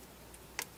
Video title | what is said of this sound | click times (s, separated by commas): HOW TO REPLACE PISTON CONNECTING ROD ON KIA FORTE SOUL 1.8 2.0 ENGINE | we already just get them tight by hand and then we use the torque wrench listen for that click now right | 0.6 s